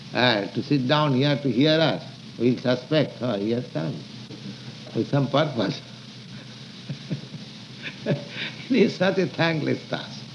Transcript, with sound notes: to sit down here to hear us, we'll suspect, "Oh, he has come with some purpose." [laughs] It is such a thankless task.